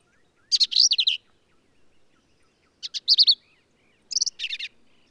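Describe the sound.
Black-capped vireo song, three quick jumbled phrases of scratchy, squeaky notes, separated by pauses, in quiet surroundings.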